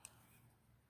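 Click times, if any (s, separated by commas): none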